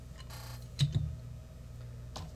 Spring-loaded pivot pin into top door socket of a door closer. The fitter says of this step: and snaps into place up here so now the door is locked in position